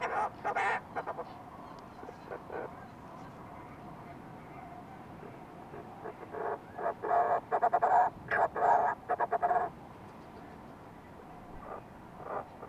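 Fulmar prion giving harsh, throaty pulsed calls, a short burst at the start, then a louder rapid run of rattling notes in the middle, then a few faint notes.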